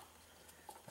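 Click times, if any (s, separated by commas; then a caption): 0.7 s. On a BMW M62 engine during a valley pan gasket replacement, the wiring harness junction box is lined up over its studs and pushed into place, and the plastic fuel injector electrical connectors are pressed home onto the injectors. Against a quiet background, a short sharp click at 0.7 s shows the connectors have seated, followed by a fainter tick near 0.9 s.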